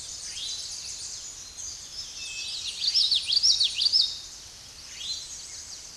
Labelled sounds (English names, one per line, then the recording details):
Common Yellowthroat song
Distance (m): 5 m
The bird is about level with the microphone
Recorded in a Pennsylvania forest on 16 May 2024 at 06:06
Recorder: AudioMoth, point MSD-1293
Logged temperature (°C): 12.0 °C
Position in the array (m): 60 m, 153 m